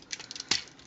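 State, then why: Seated. While a plastic Transformers Masterpiece MP-33 Inferno robot figure is being transformed, its folded body section is pushed so its pegs seat into the tabs at the back. A few light plastic ticks and rattles come first, then a sharp snap at 0.5 s as the pegs seat into place.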